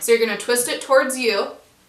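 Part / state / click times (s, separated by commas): interchangeable lens into camera body mount / not seated / none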